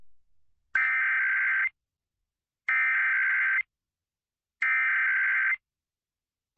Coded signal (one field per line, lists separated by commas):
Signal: Emergency Alert System (SAME) tones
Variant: header bursts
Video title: Comcast Emergency Alert System - Required Monthly Test (July 28, 2021)